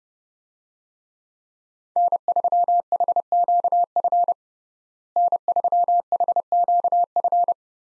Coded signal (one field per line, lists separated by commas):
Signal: Morse code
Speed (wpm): 32 wpm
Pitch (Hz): 700 Hz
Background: none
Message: N3HQF N3HQF